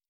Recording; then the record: hydrophone in a shrimp aquaculture tank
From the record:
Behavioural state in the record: stressed